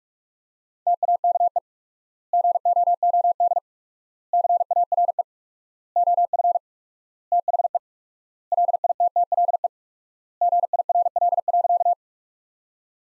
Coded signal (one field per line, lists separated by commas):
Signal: Morse code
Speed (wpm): 46 wpm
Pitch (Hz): 700 Hz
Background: none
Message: TAKE GOOD CARE OF THE LITTLE GIRL.